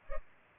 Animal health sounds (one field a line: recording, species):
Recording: mosquito wingbeat signal from an infrared sensor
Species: Culex pipiens